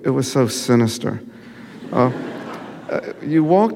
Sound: laughter

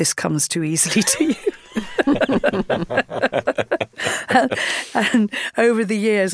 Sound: laughter

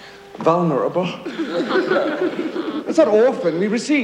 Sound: laughter

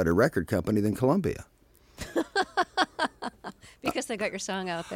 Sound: laughter

